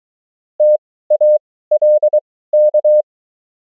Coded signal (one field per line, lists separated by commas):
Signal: Morse code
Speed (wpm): 23 wpm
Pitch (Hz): 600 Hz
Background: none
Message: TALK